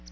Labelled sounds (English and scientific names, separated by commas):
Palm Warbler (Setophaga palmarum) flight call